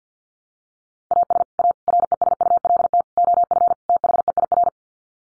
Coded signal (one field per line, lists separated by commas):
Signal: Morse code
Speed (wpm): 49 wpm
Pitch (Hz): 700 Hz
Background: none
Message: AS A RESULT OF THEIR